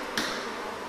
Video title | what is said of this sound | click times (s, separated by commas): Bastelanleitung zu den H0 Kaimauern von Vampisol | prallholz wird einfach dazwischen eingeklipst und | 0.2 s